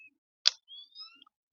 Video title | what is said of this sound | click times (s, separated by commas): This Scope is a GAMECHANGER! Multiple lens selections and more! | Turn it and you should hear it snap. | 0.5 s